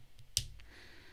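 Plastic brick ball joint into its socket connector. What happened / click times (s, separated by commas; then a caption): Plastic ball joint snaps into socket / 0.4 s. The second plastic ball joint of a LEGO Adidas Superstar brick model is pressed into its socket connector, just as on the first side. A sharp snap at 0.4 s seats the joint in place. Faint ticks come just before and after, near 0.2 s and 0.6 s.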